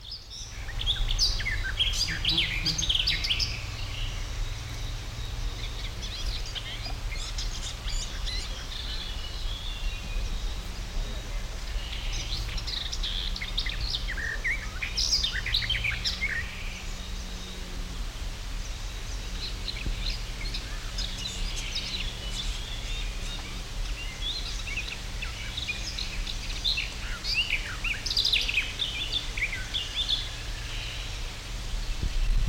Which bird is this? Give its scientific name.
Sylvia borin